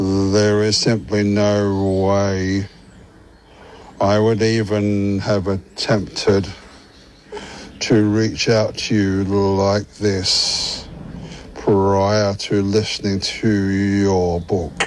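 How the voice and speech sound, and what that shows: A man who has a stutter reads a message slowly and deliberately. Stretched word endings and long silent gaps of over a second break his phrases mid-sentence. This controlled, halting delivery fits stuttering.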